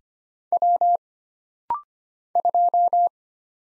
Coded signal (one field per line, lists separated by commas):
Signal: Morse code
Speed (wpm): 25 wpm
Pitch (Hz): 700 Hz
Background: none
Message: W 2